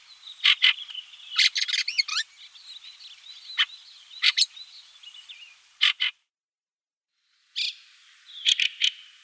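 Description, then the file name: Fieldfare giving harsh, dry chacking calls in quick pairs and triplets, mixed with thin squeaky warbled notes, then a short silence and another burst of chacks. "Turdus pilaris"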